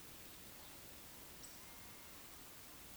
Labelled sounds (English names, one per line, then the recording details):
Eurasian Woodcock whistle
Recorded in Baden-Württemberg, Germany, on 16 June 2021 at 19:47 UTC
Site 20675, 466 m above sea level